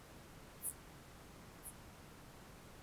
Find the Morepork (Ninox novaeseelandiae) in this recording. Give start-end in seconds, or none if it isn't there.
none